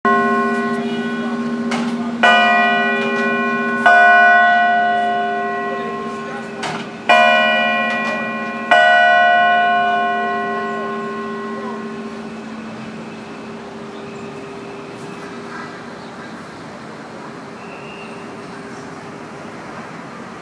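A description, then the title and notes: Bells ring out in a handful of strikes over the first nine seconds, then hum and fade slowly against steady city noise. Bells at Herald Square by thenycnomad.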